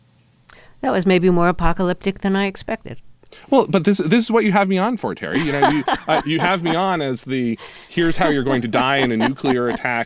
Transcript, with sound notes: That was maybe more apocalyptic than I expected.
Well, this is what you have me on for, Terry.
(Laughter).
You know, you have me on as the here's how you're going to die in a nuclear attack,